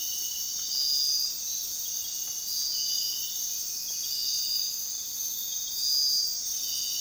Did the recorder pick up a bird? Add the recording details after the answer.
no. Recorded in dense forest near Puerto Asís, Putumayo, Colombia, on 21 February 2024 at 05:30. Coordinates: 0.466, -76.327. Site G6413